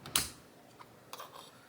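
A wrist pin circlip is plunged into the piston groove during a Miata engine build, giving a sharp metallic click at 0.2 s, followed by a faint tick near 0.8 s and another light click at 1.1 s. The circlip ends up crooked and only partly in the groove, not fully seated by sight, and is later pushed home with a flathead screwdriver.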